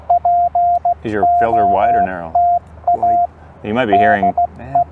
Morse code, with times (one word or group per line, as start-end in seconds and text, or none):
0.1-3.3 POTA
3.9-4.8 DE